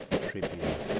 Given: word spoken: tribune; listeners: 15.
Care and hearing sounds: one English word in noise, from a listening test; noise modulated by three-talker babble; -5.6 dB; 2 of 15; 11 of 15; 0.60 s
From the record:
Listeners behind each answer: 11, 2, 1, 1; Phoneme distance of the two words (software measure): 10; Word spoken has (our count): 2 syllables, 7 phonemes, stress on syllable 1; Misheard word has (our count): 2 syllables, 7 phonemes, stress on syllable 1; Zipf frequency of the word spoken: 2.80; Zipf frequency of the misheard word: 4.28

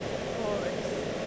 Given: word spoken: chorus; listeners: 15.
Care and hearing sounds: one English word in noise, from a listening test; speech-shaped noise; -5.8 dB; 4 of 15; 6 of 15; 0.87 s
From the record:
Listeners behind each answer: 6, 4, 2, 1, 1, 1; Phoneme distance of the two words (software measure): 37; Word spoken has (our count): 2 syllables, 5 phonemes, stress on syllable 1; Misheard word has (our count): 2 syllables, 6 phonemes, stress on syllable 1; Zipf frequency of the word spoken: 3.84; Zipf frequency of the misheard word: 4.67

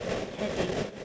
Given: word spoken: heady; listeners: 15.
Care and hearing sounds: one English word in noise, from a listening test; noise modulated by three-talker babble; -4.5 dB; 1 of 15; 7 of 15; 0.65 s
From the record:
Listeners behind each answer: 7, 4, 1, 1, 1, 1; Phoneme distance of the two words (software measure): 10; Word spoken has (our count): 2 syllables, 4 phonemes, stress on syllable 1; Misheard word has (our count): 2 syllables, 4 phonemes, stress on syllable 1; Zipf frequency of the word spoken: 3.26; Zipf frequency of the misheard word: 4.90

